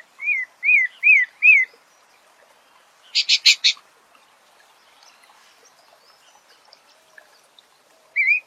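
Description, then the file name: Pale-breasted Thrush singing four short slurred whistled notes in quick succession, then a brief burst of harsh buzzy notes, and one more whistled note at the end. "Canto do Sabia barranco"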